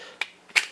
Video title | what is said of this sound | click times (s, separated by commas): 🚤 PROBOAT SPRINTJET OVERVIEW AND DEMO!🚤 EP#549 | slides on down and snaps right into place | 0.2 s